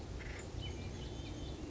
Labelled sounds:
Acorn Woodpecker (Melanerpes formicivorus)
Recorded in Sonoma County, California

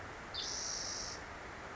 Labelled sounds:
Spotted Towhee (Pipilo maculatus)
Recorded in Sonoma County, California

